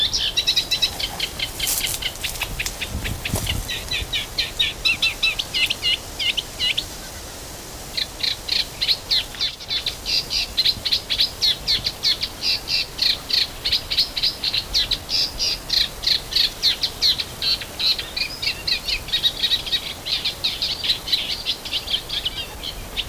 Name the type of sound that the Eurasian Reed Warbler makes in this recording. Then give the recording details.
song. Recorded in the wild. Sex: male. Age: adult. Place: Mühlenbecker Wald, Brandenburg, DE. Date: 1997-06-07 13:32. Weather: fair, ca. 26°C, gusty winds. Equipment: Nagra SN, Kopie Uher 4000 Report Monitor. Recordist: Tembrock, Günter. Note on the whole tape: Männchen: Gesang